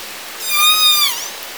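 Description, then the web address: Orca call, a single harmonic-rich pulsed tone holding level for about half a second, then bending downward at the end, over faint background hiss. Southern Resident killer whales; call type S16, K pod version 2 from a call catalogue. "SRKW call-catalog Orca Calls Alwin Audiosamples call S 16 (Kversion 2 )"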